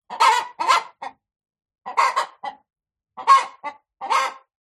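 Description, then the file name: Chicken clucking: harsh calls given in short groups of one to three, with brief pauses between groups. Cockerel clucking. "zapsplat animals cockrel"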